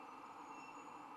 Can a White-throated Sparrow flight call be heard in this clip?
no